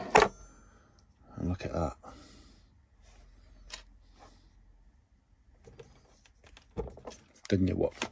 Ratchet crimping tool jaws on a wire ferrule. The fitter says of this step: Squeeze it till it clicks, and then it'll open.